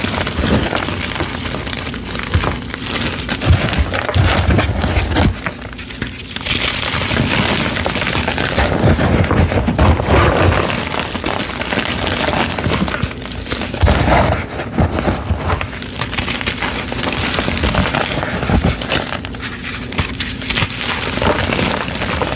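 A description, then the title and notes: Gym chalk mixed with baby oil is crushed and squished in a continuous dense crackle, with periodic softer dips around every four seconds. Baby Oil Gym Chalk Crushing Compilation.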